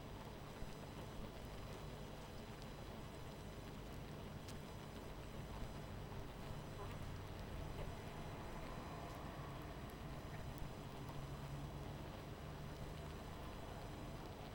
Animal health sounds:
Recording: honeybee colony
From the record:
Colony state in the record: missing queen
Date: 14 July 2017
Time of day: 20:53

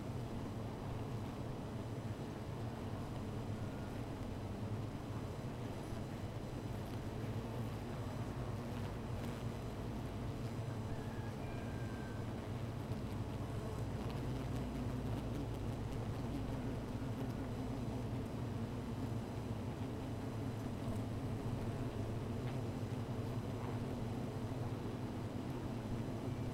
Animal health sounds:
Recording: honeybee colony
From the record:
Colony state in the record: missing queen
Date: 14 July 2017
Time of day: 15:45

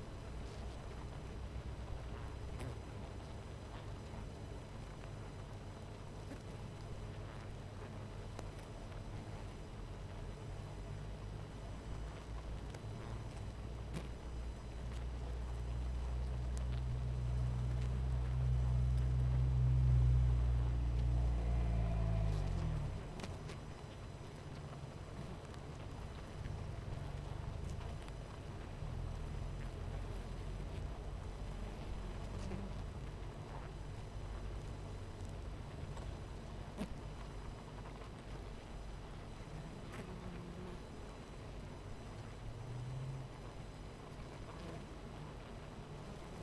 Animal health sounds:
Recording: honeybee colony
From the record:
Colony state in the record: missing queen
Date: 14 July 2017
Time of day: 18:26

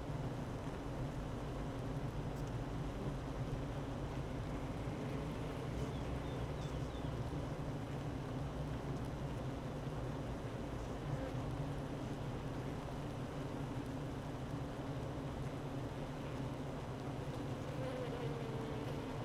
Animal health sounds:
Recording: honeybee colony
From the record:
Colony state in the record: active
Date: 12 June 2018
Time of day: 9:07

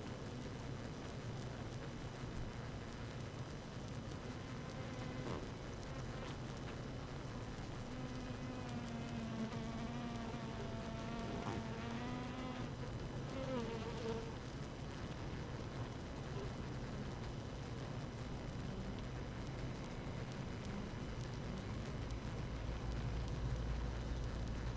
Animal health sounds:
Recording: honeybee colony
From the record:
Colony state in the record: active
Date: 12 June 2018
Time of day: 6:14

